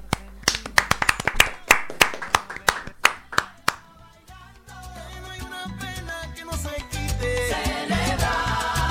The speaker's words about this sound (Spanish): Un aplauso.